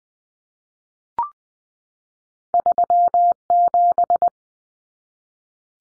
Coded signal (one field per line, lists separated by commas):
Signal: Morse code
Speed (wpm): 20 wpm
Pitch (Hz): 700 Hz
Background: none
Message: 37